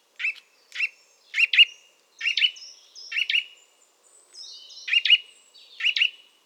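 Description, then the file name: Eurasian nuthatch calls, clear chirping doubled notes with a few thin high whistles between them. "Sitta europaea"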